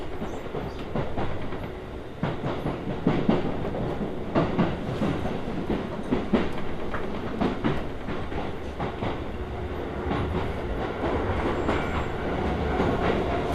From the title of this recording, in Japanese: 北総鉄道→都営浅草線 東松戸→人形町